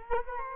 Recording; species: mosquito wingbeat signal from an infrared sensor; Culex quinquefasciatus